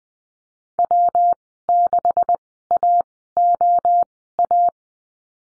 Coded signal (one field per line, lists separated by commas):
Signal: Morse code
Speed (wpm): 20 wpm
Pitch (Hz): 700 Hz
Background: none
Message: W6AOA